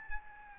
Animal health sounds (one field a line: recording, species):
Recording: mosquito wingbeat signal from an infrared sensor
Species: Aedes albopictus